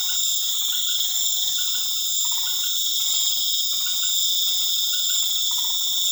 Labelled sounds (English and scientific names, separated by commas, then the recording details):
none
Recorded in pastures near Puerto Asís, Putumayo, Colombia, on 12 March 2025 at 20:00
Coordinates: 0.487, -76.322
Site G077